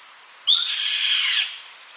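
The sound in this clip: A bird's call: one sharp upward-sweeping whistle that spreads into a rough, fading trail lasting about a second, against constant high-pitched background hiss.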